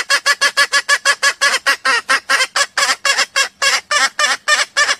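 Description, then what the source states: Junglefowl giving harsh, buzzy clucking notes in a fast, steady series throughout, with no other sounds. Female junglefowl calling to ask to mate.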